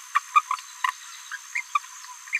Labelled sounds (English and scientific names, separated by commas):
Green-rumped Parrotlet (Forpus passerinus) babbling